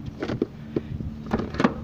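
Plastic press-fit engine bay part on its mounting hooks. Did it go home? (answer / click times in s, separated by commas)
released / 0.4 s, 0.8 s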